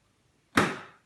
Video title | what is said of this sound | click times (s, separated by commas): PCC Video 2020 | you'll hear a click | 0.6 s